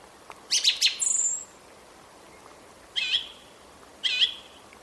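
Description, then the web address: Song thrush song fragment: a sharp chattering burst followed by two similar whistled phrases about a second apart. "vogelstimmen singdrossel gesang nabu lars lachmann"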